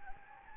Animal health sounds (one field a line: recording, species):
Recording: mosquito wingbeat signal from an infrared sensor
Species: Anopheles gambiae